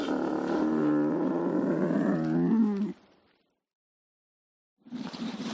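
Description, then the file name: Lynx giving a rough, rumbling growl for about three seconds, then a silent gap before the growling starts again. "audio hero Lynx"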